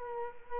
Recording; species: mosquito wingbeat signal from an infrared sensor; Culex quinquefasciatus